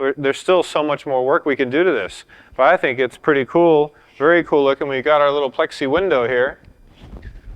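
Someone talks while handling a small plexiglass window at the opening of a router-cut wood enclosure panel, with faint light handling ticks near the end. The window has not seated or clicked into the routed panel yet.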